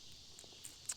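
Flexible plastic folding propeller blades on a topwater walking fishing lure are popped open from their folded position, turning it into a plopper-style bait. Faint ticks come at 0.4 and 0.7 seconds, then a sharp, louder click at 0.9 seconds as the propeller pops open.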